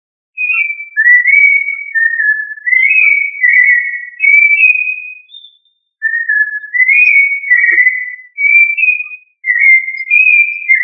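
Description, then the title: Thrush delivering fluid whistled notes in short connected phrases, separated by two clear gaps of silence. "Familia Turdidae - Sabia"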